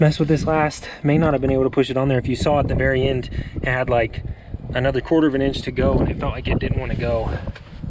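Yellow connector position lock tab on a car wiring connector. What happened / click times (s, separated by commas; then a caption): The connector is handled but has not yet clicked home / none. Someone talks while handling an automotive electrical connector on a car's wiring, with its yellow plastic position-lock tab. The connector is not yet fully home, and nothing has seated or clicked yet.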